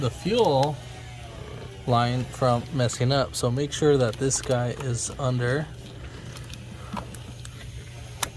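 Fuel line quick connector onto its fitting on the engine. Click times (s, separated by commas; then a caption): 8.2 s. A fuel line quick-connect fitting is pushed onto its fitting at the oil filter housing area of a 2014 Jeep Grand Cherokee 3.6L V6 during an oil filter housing replacement. Someone talks through the first half over a low steady hum, then a few faint ticks are followed by a sharp click at 8.2 s as the connector locks in and seats.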